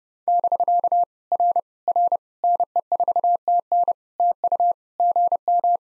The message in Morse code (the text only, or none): <BK> R R NE4TN TU GM